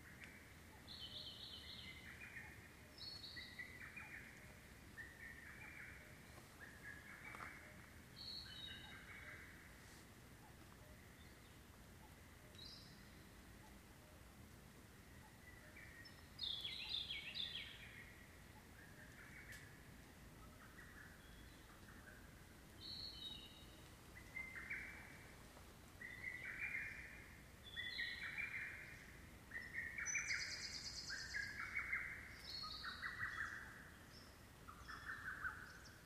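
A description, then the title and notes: A dawn chorus of wild birds in the forest, with short repeated mid-pitched notes sounding every second or two throughout. Higher, brighter calls break in now and then, busiest around 17 and 30 seconds. A steady low rumble runs underneath. Dawn Chorus. 夜明けのコーラス. 午前4時頃 軽井沢野鳥の森にて録音.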